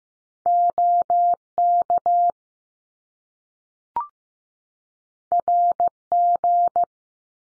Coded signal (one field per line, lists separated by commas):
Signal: Morse code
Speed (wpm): 15 wpm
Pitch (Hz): 700 Hz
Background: none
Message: O K R G